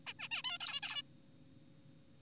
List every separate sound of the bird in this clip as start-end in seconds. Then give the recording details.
0.07-0.14, 0.20-0.28, 0.32-0.42, 0.44-0.58, 0.60-0.80, 0.83-1.02. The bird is an adult. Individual g4p5U